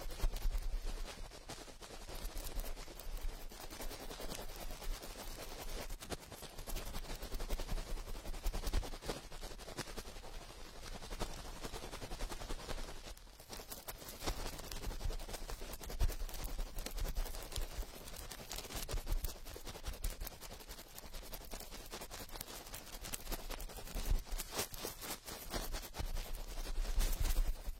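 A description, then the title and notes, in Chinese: Fast, rough ear cleaning: a dense, unbroken rush of scratching and crackling with rapid clicks packed tightly together. The texture is bright and gritty throughout, easing briefly around thirteen seconds, then growing louder and harsher toward the end. 高速、暴力清理耳朵。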